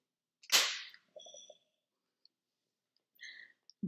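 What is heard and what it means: A cardboard/plastic eyeshadow palette's lid is closed onto its base. A loud, broad burst of handling noise comes at 0.5 s, followed by softer rattles and faint ringing tones, with more scraping around 3.2 s. The lid latches shut with a sharp click at 3.7 s, and it is snug.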